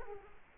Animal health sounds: mosquito wingbeat signal from an infrared sensor; Culex quinquefasciatus

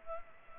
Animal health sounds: mosquito wingbeat signal from an infrared sensor; Culex pipiens

